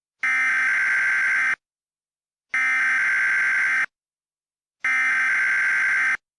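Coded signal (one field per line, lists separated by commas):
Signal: Emergency Alert System (SAME) tones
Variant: header bursts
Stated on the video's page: Mock EAS alert made with Creative Commons 0 sounds.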